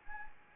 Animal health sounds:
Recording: mosquito wingbeat signal from an infrared sensor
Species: Anopheles arabiensis

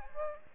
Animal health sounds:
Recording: mosquito wingbeat signal from an infrared sensor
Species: Aedes aegypti

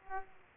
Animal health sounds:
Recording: mosquito wingbeat signal from an infrared sensor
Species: Aedes aegypti

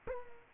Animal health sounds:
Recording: mosquito wingbeat signal from an infrared sensor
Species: Culex quinquefasciatus

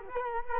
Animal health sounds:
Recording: mosquito wingbeat signal from an infrared sensor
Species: Culex quinquefasciatus

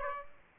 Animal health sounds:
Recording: mosquito wingbeat signal from an infrared sensor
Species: Aedes aegypti

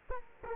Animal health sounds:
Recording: mosquito wingbeat signal from an infrared sensor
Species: Culex quinquefasciatus

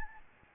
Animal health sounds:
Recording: mosquito wingbeat signal from an infrared sensor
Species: Aedes albopictus

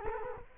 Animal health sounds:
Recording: mosquito wingbeat signal from an infrared sensor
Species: Culex quinquefasciatus

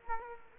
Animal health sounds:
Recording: mosquito wingbeat signal from an infrared sensor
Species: Culex quinquefasciatus

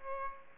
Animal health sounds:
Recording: mosquito wingbeat signal from an infrared sensor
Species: Aedes aegypti

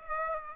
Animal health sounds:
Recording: mosquito wingbeat signal from an infrared sensor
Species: Aedes aegypti

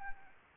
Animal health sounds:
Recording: mosquito wingbeat signal from an infrared sensor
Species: Anopheles arabiensis

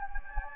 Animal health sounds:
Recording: mosquito wingbeat signal from an infrared sensor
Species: Anopheles gambiae

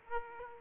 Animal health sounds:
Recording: mosquito wingbeat signal from an infrared sensor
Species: Aedes aegypti

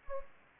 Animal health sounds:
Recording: mosquito wingbeat signal from an infrared sensor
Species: Anopheles gambiae

